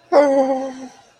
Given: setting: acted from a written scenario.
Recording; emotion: vocal sound without words; sadness